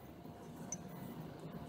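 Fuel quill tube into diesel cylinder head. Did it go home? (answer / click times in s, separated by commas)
no / none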